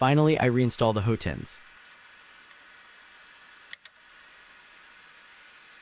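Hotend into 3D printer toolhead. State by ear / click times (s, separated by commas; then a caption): seated / 3.7 s. Someone talks, then a hotend is pushed back into the toolhead of a Bambu Lab H2D 3D printer and its latch is locked. A sharp click at 3.7 s, followed by a smaller tick just after, marks the hotend seating and locking into place.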